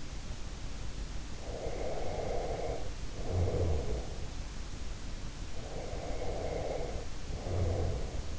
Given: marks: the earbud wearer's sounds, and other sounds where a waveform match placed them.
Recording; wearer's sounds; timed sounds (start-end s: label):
sounds in sleep by an in-ear microphone; snoring breath
1.36-4.27 s: snoring breath
5.60-8.39 s: snoring breath